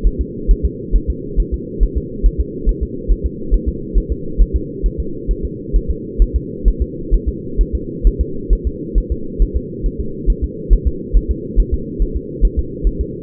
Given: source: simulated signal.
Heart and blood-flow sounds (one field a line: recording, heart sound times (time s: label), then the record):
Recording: fetal heart sounds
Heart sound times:
0.07 s: S1
0.21 s: S2
0.51 s: S1
0.65 s: S2
0.96 s: S1
1.10 s: S2
1.40 s: S1
1.54 s: S2
1.83 s: S1
1.97 s: S2
2.26 s: S1
2.41 s: S2
2.69 s: S1
2.83 s: S2
3.12 s: S1
3.26 s: S2
3.54 s: S1
3.69 s: S2
3.98 s: S1
4.12 s: S2
4.41 s: S1
4.56 s: S2
4.86 s: S1
5.00 s: S2
5.31 s: S1
5.45 s: S2
5.76 s: S1
5.90 s: S2
6.22 s: S1
6.36 s: S2
6.68 s: S1
6.82 s: S2
7.14 s: S1
7.29 s: S2
7.61 s: S1
7.75 s: S2
8.07 s: S1
8.21 s: S2
8.53 s: S1
8.67 s: S2
8.98 s: S1
9.12 s: S2
9.42 s: S1
9.56 s: S2
9.86 s: S1
10.00 s: S2
10.30 s: S1
10.44 s: S2
10.73 s: S1
10.87 s: S2
11.17 s: S1
11.31 s: S2
11.60 s: S1
11.74 s: S2
12.02 s: S1
12.17 s: S2
12.45 s: S1
12.59 s: S2
12.87 s: S1
13.01 s: S2
From the record:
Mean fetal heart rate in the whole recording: 135 bpm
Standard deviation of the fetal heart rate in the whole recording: 3 bpm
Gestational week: 36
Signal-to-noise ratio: -4.3 dB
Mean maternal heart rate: 72 bpm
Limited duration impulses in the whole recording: present